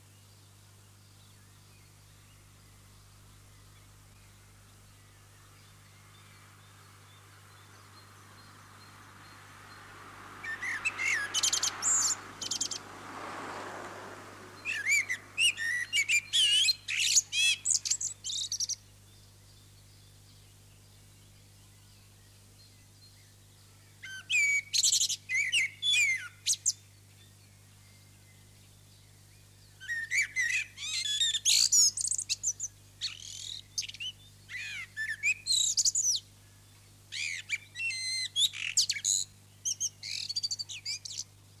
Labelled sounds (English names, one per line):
Common Blackbird song